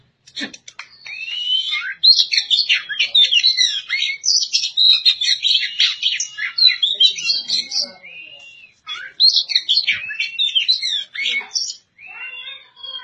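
Oriental magpie-robin song, a fast, rich jumble of sweet whistles, chatters and trills running almost without pause, then brief gaps between the final bursts.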